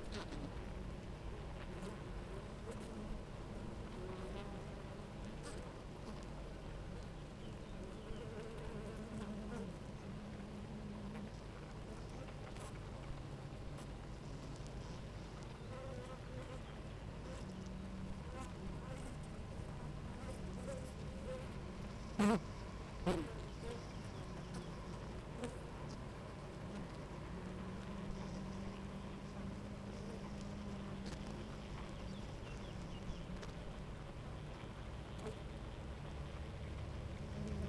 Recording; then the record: honeybee colony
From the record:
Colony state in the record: active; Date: 28 July 2017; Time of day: 9:48